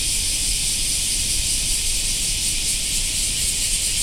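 Black cicadas buzzing in a continuous shrill hiss, even in loudness for the whole stretch, with low background rumble.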